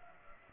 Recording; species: mosquito wingbeat signal from an infrared sensor; Culex pipiens